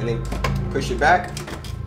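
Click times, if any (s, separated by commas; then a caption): none. A carbon fiber kidney grille, the right one with its round part toward the middle of the vehicle, is being positioned at the car's front bumper grille opening to be pushed in. Someone talks over light handling noise and background music. The grille is not home yet, and none of its plastic clips has clicked into place.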